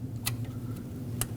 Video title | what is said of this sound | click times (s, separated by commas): How to Replace Alternator 2009-2010 Dodge Ram 1500 (5.7L V8) | Make sure it clicks and lock it on. | 0.3 s, 1.2 s